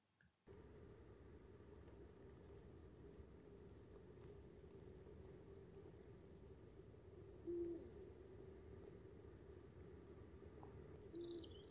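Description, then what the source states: Eurasian eagle-owl hooting: two brief, deep hoots about four seconds apart, each a single low note, over a steady low rumbling background. Breeding-season (celo) calls, which begin in December; recorded on a December night in front of a rocky cliff, heard at the start of the soundscape.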